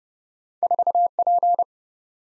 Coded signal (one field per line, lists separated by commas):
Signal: Morse code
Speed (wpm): 31 wpm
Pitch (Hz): 700 Hz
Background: none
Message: 4P